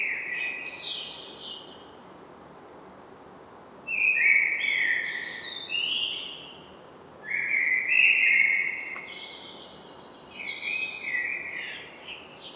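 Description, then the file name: Common blackbird: three mellow warbled phrases with high scratchy twitters, separated by short pauses, over faint hiss. "Turdus merula"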